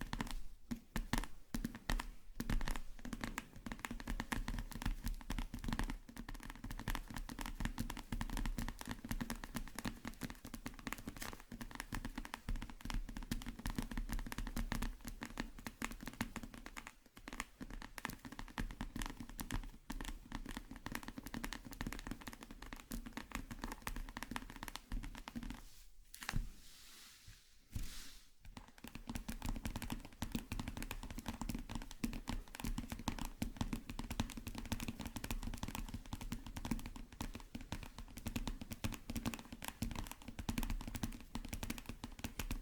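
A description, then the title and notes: Slime being worked by hand makes a dense, continuous stream of wet clicks, pops and squelches for the whole clip. The sounds stay busy and fairly even in loudness, with brief near-silent gaps around 26 and 28 seconds before the squishing resumes. NO TALKING Satisfying Slime Triggers.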